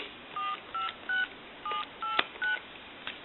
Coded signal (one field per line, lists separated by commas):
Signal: DTMF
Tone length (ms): 150 ms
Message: 456789